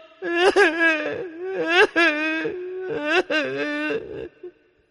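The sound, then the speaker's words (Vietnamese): A man wails and screams as if in pain, clutching his head after a blow to it, in three long, loud, strained bursts. His voice rises and wavers, with brief gasps between the cries. “Lão cứ như thế, ôm đầu la hét, thất sát nghe đến điếc cả tai”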